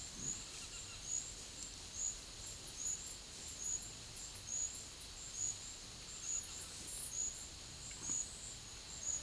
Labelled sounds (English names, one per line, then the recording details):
none
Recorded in pastures near Puerto Asís, Putumayo, Colombia, on 13 March 2025 at 11:30
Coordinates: 0.505, -76.324
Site GP08